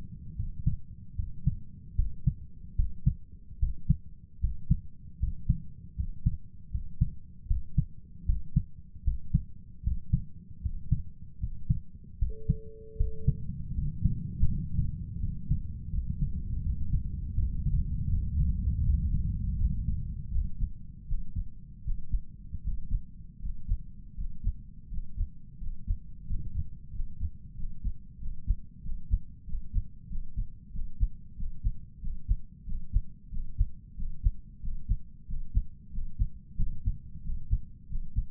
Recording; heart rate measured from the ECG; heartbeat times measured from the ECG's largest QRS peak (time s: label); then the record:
heart sounds by stethoscope; 83 bpm
0.35 s: heartbeat
1.15 s: heartbeat
1.95 s: heartbeat
2.75 s: heartbeat
3.58 s: heartbeat
4.39 s: heartbeat
5.18 s: heartbeat
5.95 s: heartbeat
6.70 s: heartbeat
7.46 s: heartbeat
8.25 s: heartbeat
9.03 s: heartbeat
9.82 s: heartbeat
10.61 s: heartbeat
11.39 s: heartbeat
12.18 s: heartbeat
12.96 s: heartbeat
13.73 s: heartbeat
14.47 s: heartbeat
15.19 s: heartbeat
15.89 s: heartbeat
16.61 s: heartbeat
17.34 s: heartbeat
18.08 s: heartbeat
18.82 s: heartbeat
19.56 s: heartbeat
20.30 s: heartbeat
21.07 s: heartbeat
21.83 s: heartbeat
22.62 s: heartbeat
23.40 s: heartbeat
24.15 s: heartbeat
24.88 s: heartbeat
25.58 s: heartbeat
26.26 s: heartbeat
26.91 s: heartbeat
27.55 s: heartbeat
28.18 s: heartbeat
28.82 s: heartbeat
29.45 s: heartbeat
30.08 s: heartbeat
30.71 s: heartbeat
31.36 s: heartbeat
32.00 s: heartbeat
32.65 s: heartbeat
33.30 s: heartbeat
33.95 s: heartbeat
34.61 s: heartbeat
35.26 s: heartbeat
35.91 s: heartbeat
36.57 s: heartbeat
37.22 s: heartbeat
37.88 s: heartbeat
From the record:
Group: healthy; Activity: rest 0-14 s, breath hold 14-38 s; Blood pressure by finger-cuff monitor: 97/67 mmHg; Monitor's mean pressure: 75 mmHg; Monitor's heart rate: 80 bpm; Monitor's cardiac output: 6.6 L/min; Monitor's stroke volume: 86 mL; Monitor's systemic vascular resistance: 820 dyn s/cm5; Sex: male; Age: 23 years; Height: 178 cm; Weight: 96.6 kg